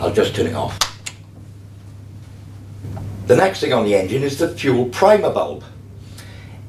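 Someone talks about the Hyundai HY4BC31 petrol brush cutter engine, then turns off the blue choke button, which releases with a short, sharp click at 1.0 seconds. After a pause with a steady low hum, the talking resumes.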